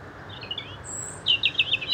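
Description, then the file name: European robin singing: thin, high wavering notes, then a brief very high sustained whistle, followed by a run of quick bright twittering notes, over steady background noise. "Erithacus rubecula"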